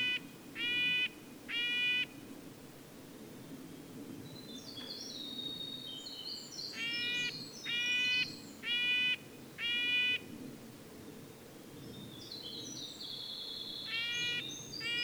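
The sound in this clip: Red-breasted nuthatch calls, short nasal horn-like notes in small bursts, with faint higher chirps from another bird and a low background hum.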